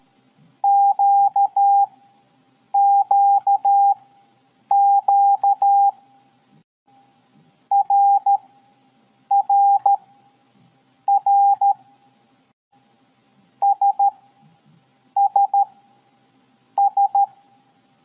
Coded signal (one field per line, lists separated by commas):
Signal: Morse code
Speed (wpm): 13 wpm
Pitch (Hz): 800 Hz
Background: none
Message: QQQ RRR SSS